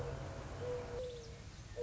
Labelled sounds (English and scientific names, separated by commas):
Mourning Dove (Zenaida macroura)